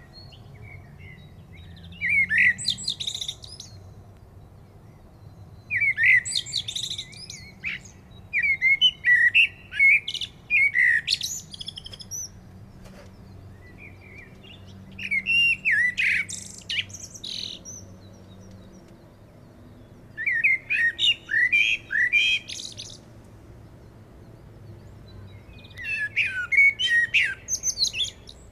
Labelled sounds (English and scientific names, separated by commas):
Common Blackbird (Turdus merula) song